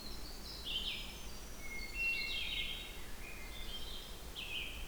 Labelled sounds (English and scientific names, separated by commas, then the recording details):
Red-eyed Vireo (Vireo olivaceus) song
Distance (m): 60 m
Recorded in boreal forest in Alberta, Canada, on 16 June 2016 at 07:14
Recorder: SongMeter 3, array SBT-3-32
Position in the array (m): 48 m, 11 m